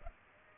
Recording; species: mosquito wingbeat signal from an infrared sensor; Culex pipiens